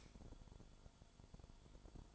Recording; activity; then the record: daily activity, microphone in the room; light off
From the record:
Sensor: 5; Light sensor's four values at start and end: 30/70/28/27 and 30/69/28/27